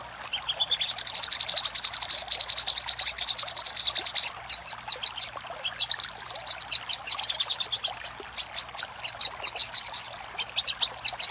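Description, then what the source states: Little spiderhunter singing dense, shrill chattering runs, a long unbroken burst at first, then shorter quick series separated by brief gaps. Master recording for training cage birds; labelled Labaik.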